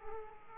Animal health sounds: mosquito wingbeat signal from an infrared sensor; Aedes aegypti

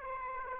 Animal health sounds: mosquito wingbeat signal from an infrared sensor; Aedes aegypti

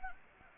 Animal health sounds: mosquito wingbeat signal from an infrared sensor; Anopheles gambiae

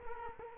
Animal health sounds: mosquito wingbeat signal from an infrared sensor; Culex quinquefasciatus

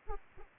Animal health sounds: mosquito wingbeat signal from an infrared sensor; Anopheles arabiensis

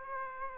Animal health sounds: mosquito wingbeat signal from an infrared sensor; Aedes aegypti

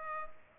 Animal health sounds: mosquito wingbeat signal from an infrared sensor; Culex pipiens

